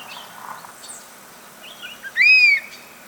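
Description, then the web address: Black hawk-eagle whistle near the end, a sharp rising then flat clear note, preceded by faint scattered chirps and soft background noise. "chant xeno-canto aigle tyran"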